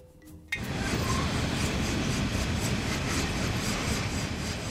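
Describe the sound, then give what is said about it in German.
After a brief quiet moment, a coal freight train with up to 100 open wagons, carrying coal from the mining area in Cesar, Colombia, to a loading station, sets in abruptly with a loud, steady rumble, a continuous metallic roar and faint rhythmic clatter of wagons rolling along the track. “Züge mit bis zu 100 offenen Waggons bringen die Kohle von Drummond und Glencore zur Verladestation.”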